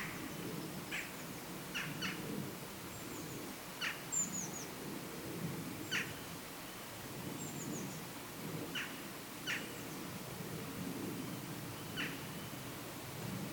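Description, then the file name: Eurasian wren giving sharp clicking tick calls, single or in quick pairs, scattered every one to three seconds, with thin high descending notes and low background rumble. "Troglodytes troglodytes"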